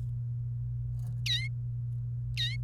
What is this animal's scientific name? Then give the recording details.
Serinus canaria. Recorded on 28 April 2018 at 10:11. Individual llb3